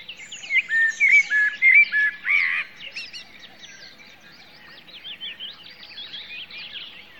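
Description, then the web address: Common blackbird song: several loud, fluty whistled phrases in quick succession, followed by softer, high twittering. Recorded in a natural meadow. "Natur Wiese. Amsel"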